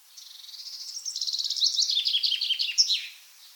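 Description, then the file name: Common chaffinch song: a descending run of quick trilled phrases, growing louder, ending in a sharp terminal flourish, with no other clear sounds. "Fringilla coelebs"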